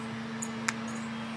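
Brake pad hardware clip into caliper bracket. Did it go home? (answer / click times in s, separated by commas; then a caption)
yes / 0.7 s. The top end of a brake pad anti-rattle clip is pushed down into the caliper bracket until it locks in place. A faint tick comes at 0.4 s, then a sharp, bright click at 0.7 s over a steady low hum. The clip is seated.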